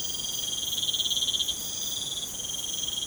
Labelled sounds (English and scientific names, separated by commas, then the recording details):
none
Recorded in pastures near Puerto Asís, Putumayo, Colombia, on 12 March 2025 at 04:30
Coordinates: 0.505, -76.324
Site GP08